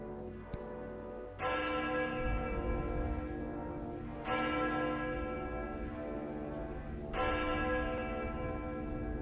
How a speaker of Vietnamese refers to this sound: Tiếng chuông ở nhà thờ đã điểm nửa đêm.